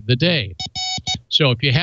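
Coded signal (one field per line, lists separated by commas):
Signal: none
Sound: music beat sound effects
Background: speech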